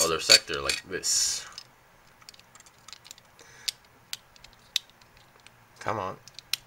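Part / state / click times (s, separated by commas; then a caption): plastic effect part onto model kit leg / not seated / none. Someone talks while handling a plastic kick-effect part, working to clip it onto the leg joint of an HG Burning Gundam plastic model kit. Between the bursts of talk come small, sharp plastic taps and ticks, the loudest near 3.7, 4.1, 4.8 and 6.5 seconds. The clip ends just before the part goes home, so nothing has seated or clicked yet.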